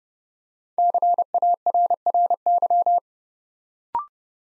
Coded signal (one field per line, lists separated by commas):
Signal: Morse code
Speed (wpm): 30 wpm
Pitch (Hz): 700 Hz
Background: none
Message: CARRY